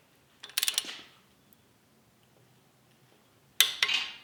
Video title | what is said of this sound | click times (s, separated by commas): FINALLY COMPLETING THE REASSEMBLY // JCW Forged Engine | we're gonna tighten until we hear a little click so | 3.6 s